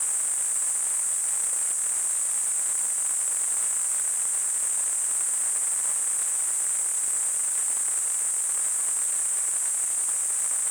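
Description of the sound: A steady, unbroken high-pitched hiss, concentrated in a narrow band around 8 to 9 kHz, runs for about eleven seconds without change. It is a simulated tinnitus sound, imitating the constant ringing or hissing some people hear without any outside source.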